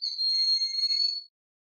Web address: broad winged hawk